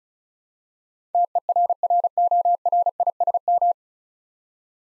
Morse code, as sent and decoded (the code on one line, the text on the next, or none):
- . .-. .-. --- .-. .. ... --
TERRORISM